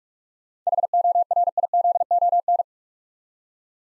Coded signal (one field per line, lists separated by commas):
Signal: Morse code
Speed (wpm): 44 wpm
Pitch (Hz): 700 Hz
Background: none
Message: HORIZON